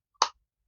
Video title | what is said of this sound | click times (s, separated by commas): HP Envy 15 Hard Drive Caddy Installation | and slide it in until you hear it click. | 0.2 s